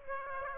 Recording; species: mosquito wingbeat signal from an infrared sensor; Aedes aegypti